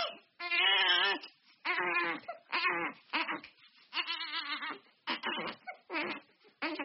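A high-pitched, tonal infant cry in a nursery comes in repeated wailing bursts of about half a second to a second, separated by brief gasping pauses for breath. This is ordinary vigorous baby crying.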